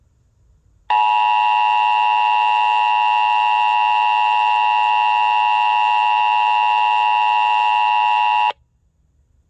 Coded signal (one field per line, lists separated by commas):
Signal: Emergency Alert System (SAME) tones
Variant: 853 and 960 Hz attention tone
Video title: *READ DESCRIPTION PLEASE* EAS System Update